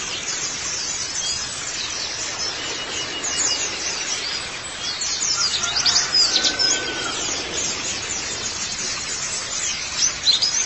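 White-eye twittering song, a dense stream of very high, thin chirps and rapid trills, with a few lower drawn-out whistles around the middle.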